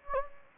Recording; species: mosquito wingbeat signal from an infrared sensor; Anopheles gambiae